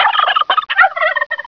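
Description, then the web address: Turkey gobbling, a rapid, bubbling, warbled rattle of quick notes broken into several short bursts over about a second and a half. "holiday turkey"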